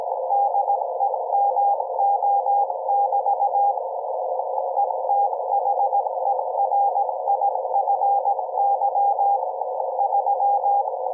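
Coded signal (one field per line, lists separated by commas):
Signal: Morse code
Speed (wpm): 17 wpm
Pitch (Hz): 800 Hz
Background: none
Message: DEMO<BT> ETHERIFY 3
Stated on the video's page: Radiation from a Raspberry Pi 4's unconnected ethernet port at harmonics of 125 MHz, received 12 m away.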